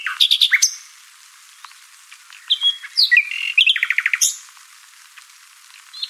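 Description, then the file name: Common nightingale song with loud chirped notes, a pause, then a fast rattling series of repeated notes ending in a sharp high call. "Luscinia megarhynchos"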